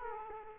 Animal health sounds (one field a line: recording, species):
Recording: mosquito wingbeat signal from an infrared sensor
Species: Aedes aegypti